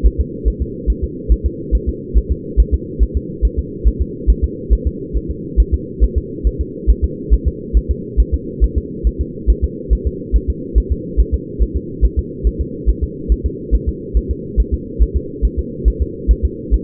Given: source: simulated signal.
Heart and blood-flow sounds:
fetal heart sounds
0.07 s: S1
0.21 s: S2
0.48 s: S1
0.62 s: S2
0.90 s: S1
1.04 s: S2
1.32 s: S1
1.46 s: S2
1.75 s: S1
1.89 s: S2
2.18 s: S1
2.32 s: S2
2.60 s: S1
2.74 s: S2
3.03 s: S1
3.17 s: S2
3.45 s: S1
3.59 s: S2
3.88 s: S1
4.02 s: S2
4.30 s: S1
4.44 s: S2
4.73 s: S1
4.87 s: S2
5.17 s: S1
5.31 s: S2
5.60 s: S1
5.74 s: S2
6.04 s: S1
6.18 s: S2
6.47 s: S1
6.61 s: S2
6.90 s: S1
7.04 s: S2
7.34 s: S1
7.48 s: S2
7.77 s: S1
7.91 s: S2
8.20 s: S1
8.34 s: S2
8.64 s: S1
8.78 s: S2
9.07 s: S1
9.21 s: S2
9.50 s: S1
9.64 s: S2
9.93 s: S1
10.07 s: S2
10.36 s: S1
10.50 s: S2
10.78 s: S1
10.92 s: S2
11.20 s: S1
11.34 s: S2
11.63 s: S1
11.77 s: S2
12.05 s: S1
12.19 s: S2
12.47 s: S1
12.61 s: S2
12.90 s: S1
13.04 s: S2
13.32 s: S1
13.46 s: S2
13.75 s: S1
13.89 s: S2
14.17 s: S1
14.31 s: S2
14.60 s: S1
14.74 s: S2
15.02 s: S1
15.16 s: S2
15.45 s: S1
15.59 s: S2
15.88 s: S1
16.02 s: S2
16.31 s: S1
16.45 s: S2
16.74 s: S1
From the record:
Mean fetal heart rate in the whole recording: 140 bpm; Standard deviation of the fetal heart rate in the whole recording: 2 bpm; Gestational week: 34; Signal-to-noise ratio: -4.1 dB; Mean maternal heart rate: no maternal heart sound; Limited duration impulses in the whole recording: absent

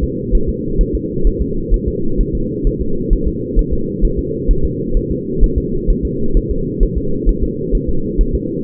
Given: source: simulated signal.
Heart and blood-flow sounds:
fetal heart sounds
0.04 s: S2
0.35 s: S1
0.49 s: S2
0.81 s: S1
0.95 s: S2
1.27 s: S1
1.42 s: S2
1.74 s: S1
1.88 s: S2
2.21 s: S1
2.35 s: S2
2.67 s: S1
2.81 s: S2
3.13 s: S1
3.28 s: S2
3.59 s: S1
3.73 s: S2
4.05 s: S1
4.19 s: S2
4.51 s: S1
4.65 s: S2
4.97 s: S1
5.11 s: S2
5.44 s: S1
5.58 s: S2
5.90 s: S1
6.05 s: S2
6.37 s: S1
6.51 s: S2
6.83 s: S1
6.97 s: S2
7.29 s: S1
7.43 s: S2
7.75 s: S1
7.89 s: S2
8.21 s: S1
8.35 s: S2
From the record:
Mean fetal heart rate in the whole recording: 130 bpm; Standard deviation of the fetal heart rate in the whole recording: 2 bpm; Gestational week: 38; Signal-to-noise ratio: -8.1 dB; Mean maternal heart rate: 72 bpm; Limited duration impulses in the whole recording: absent

